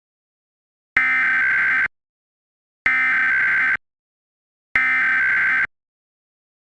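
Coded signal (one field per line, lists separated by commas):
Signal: Emergency Alert System (SAME) tones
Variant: header bursts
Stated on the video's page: Remastered fictional EAS scenario about a Yellowstone supervolcano eruption.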